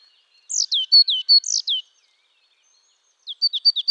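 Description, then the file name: Marsh tit giving a run of several high, falling notes, then after a pause a second similar run. "Poecile palustris"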